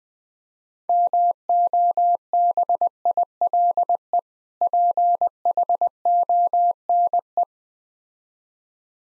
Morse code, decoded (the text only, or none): MOBILE PHONE